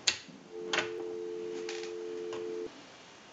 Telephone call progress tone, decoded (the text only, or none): dial tone